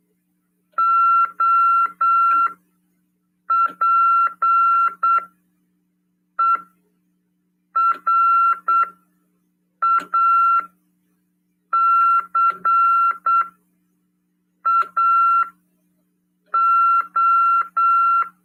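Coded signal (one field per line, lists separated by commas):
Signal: Morse code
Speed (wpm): 8 wpm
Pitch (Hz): 1360 Hz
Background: none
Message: OPERACAO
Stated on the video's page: Amateur radio lesson on CW, transmitted on FM 146.410 MHz.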